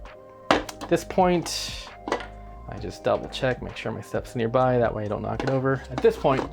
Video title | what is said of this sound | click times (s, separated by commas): How I Load Paterson Tank Reels with 35mm Film - Blindfolded Film Loading | load the lid wait for the click click is good | 0.5 s